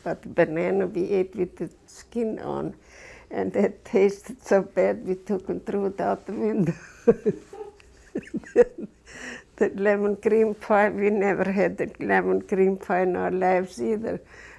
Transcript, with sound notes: But the banana, we ate it with the skin on. And that tasted so bad we took and threw it out the window. (She laughs.) That lemon cream pie, we had never had a lemon cream pie in our lives, either.